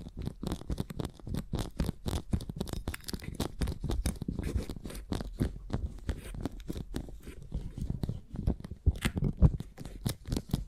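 Beeswax is squeezed and worked by hand, giving a steady run of sticky crackles and soft crunching snaps. The clicks come thick and irregular, several per second, with a low rumbly body and brighter crisp edges, and a few sharper pops near the end.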